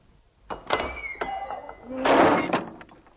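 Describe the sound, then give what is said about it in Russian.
A heavy cast-iron door is forcefully shoved open into a tower, with several sharp thuds and creaking, scraping tones, then a loud grinding rush of noise as it swings wide before fading. “Чугунная дверь открывается от сильного толчка, и в башню стремительно входит человек в черном плаще и челме.”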